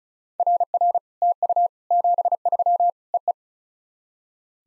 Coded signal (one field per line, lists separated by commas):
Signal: Morse code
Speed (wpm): 36 wpm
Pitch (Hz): 700 Hz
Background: none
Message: RR TU 73 EE